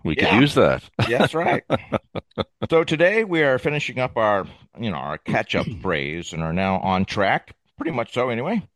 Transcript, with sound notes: We could use that.
Yeah. Yes, right.
(laughs)
So today, we are finishing up our, you know, our catch-up phase and are now on track. Pretty much so, anyway.